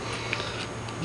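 A twist-lock component on a bicycle is twisted until its locking mechanism engages, giving one sharp tick at 0.3 s over a steady low hum. The component clicks into place and is locked.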